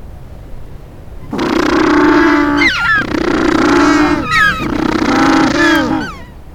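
Penguin braying in three long, pulsing, donkey-like phrases, separated by quick gasping inhalations with rising and falling squeaks.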